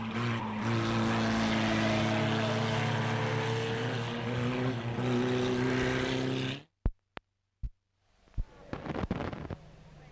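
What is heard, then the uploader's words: A race car engine roars steadily for about six and a half seconds, a loud, even drone with a low throbbing hum underneath. It cuts off abruptly, followed by three sharp clicks, silence, then a burst of scattered crackling and thumps toward the end. EARLY AUTOMOBILE ROAD RACES, 1930S. CIRCA 1930 SPEED CAR RACE THROUGH RURAL AREA, LOAD ROARING ENGINES OF RACE CARS AS THEY SPEED BY ON RURAL ROADS, SPECTATORS COMMENT.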